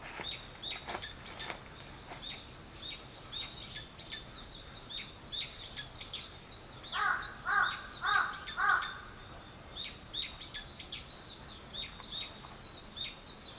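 Birds calling: constant high chirps and twitters throughout, broken by a run of four loud, harsh caws near the middle.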